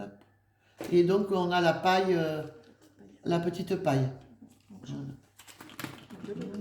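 The flip lid of a child's plastic water bottle with a straw and push-button opener is handled while someone talks, with a few small, quiet clicks and taps from about 5.4 to 5.8 seconds. The clip ends before the lid is pressed shut, so nothing has seated or clicked closed yet.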